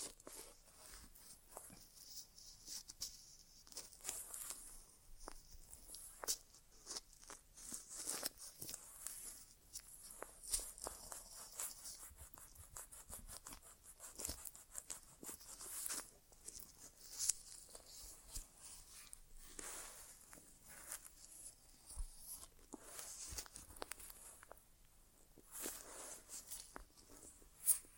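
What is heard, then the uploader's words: Inner ear exam sounds with dense, irregular crackling and scratchy rustles, bright and hissy, coming in quick bursts throughout without speech. ASMR Inner Ear Exam (No Talking).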